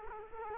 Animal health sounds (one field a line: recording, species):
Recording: mosquito wingbeat signal from an infrared sensor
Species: Culex quinquefasciatus